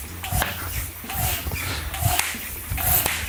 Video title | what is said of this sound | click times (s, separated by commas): 10 Maintenance Skills Every Mountain Biker Needs To Know [2hr+ Compilation] | and you should hear the beads snap into place | 2.2 s, 3.1 s